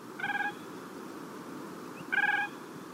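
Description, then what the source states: Siberian crane: two rolling calls separated by about a second and a half of quiet hiss. Three Siberian cranes calling as they flew toward and over the recordists on the Siberian tundra in a late spring breeding season, sounding as if talking to each other in flight.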